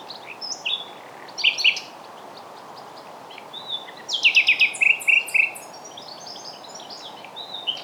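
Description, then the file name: Common nightingale song with sharp chirps and whistles, a pause, then a loud stuttering series of rapid repeated notes blending into trilled phrases. "Luscinia megarhynchos"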